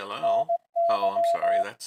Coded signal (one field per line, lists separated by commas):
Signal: Morse code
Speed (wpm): 18 wpm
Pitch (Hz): 680 Hz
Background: speech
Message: NY